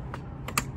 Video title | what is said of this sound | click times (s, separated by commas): Setting up Starlink Roam for an RV | set the dish in the stand till it clicks | 0.6 s